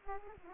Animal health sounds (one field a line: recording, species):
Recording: mosquito wingbeat signal from an infrared sensor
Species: Aedes aegypti